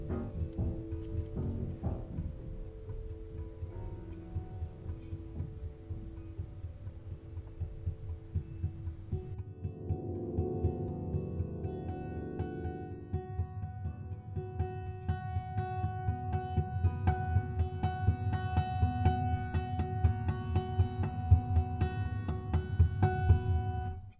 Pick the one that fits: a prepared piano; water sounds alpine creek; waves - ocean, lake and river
a prepared piano